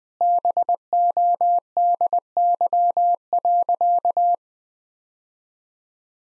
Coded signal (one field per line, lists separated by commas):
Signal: Morse code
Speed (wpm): 20 wpm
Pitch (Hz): 700 Hz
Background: none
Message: BODY.